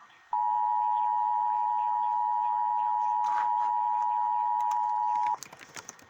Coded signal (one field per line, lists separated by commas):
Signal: Emergency Alert System (SAME) tones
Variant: 853 and 960 Hz attention tone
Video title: EAS 654 SVR NWS Wilmington OH